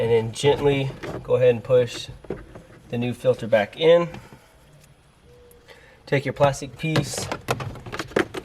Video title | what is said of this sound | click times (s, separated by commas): I NEVER THOUGHT THIS WOULD HAVE HAPPENED... | line everything back up okay so you hear it snap and then gently pull | 8.2 s